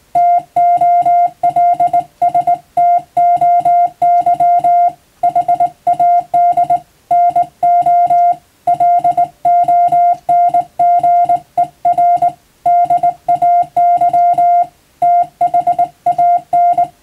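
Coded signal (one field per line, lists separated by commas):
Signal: Morse code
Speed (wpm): 20 wpm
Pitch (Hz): 700 Hz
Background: music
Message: TOLSTOY HAD NO LONGER DAY THAN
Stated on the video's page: Morse code reception practice for the radiotelegraph operator national exam, using telegram practice texts.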